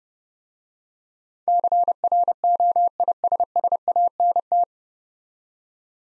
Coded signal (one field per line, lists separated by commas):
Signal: Morse code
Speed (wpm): 28 wpm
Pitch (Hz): 700 Hz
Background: none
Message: CROISSANT